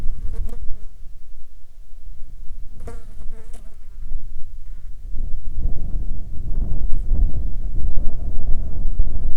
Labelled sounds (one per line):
wind
insects